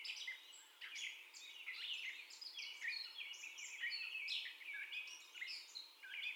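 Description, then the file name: Gray catbird song: a dense, run-on medley of scratchy warbles, squeaks and whistled notes with constantly shifting pitch. First song, 30 May 2021. "2021-05-30 Catbird First Song"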